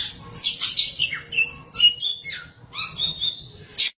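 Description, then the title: Oriental magpie-robin song of mixed scratchy phrases and fluty slurs, some notes dropping in pitch, with a short loud burst at the end. Kacer song. "Suara Kicauan Burung Kacer"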